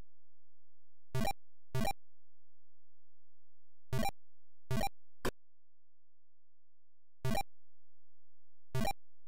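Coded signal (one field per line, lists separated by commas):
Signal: none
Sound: game music notes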